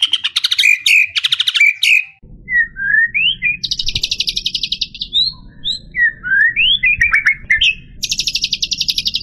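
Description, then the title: White-rumped shama song: loud bursts of rapid buzzy trills, then a run of varied whistled slurs and chips, ending in a dense rattling trill. Song used to train caged birds. "MASTERAN MURAI BATU LABAIK"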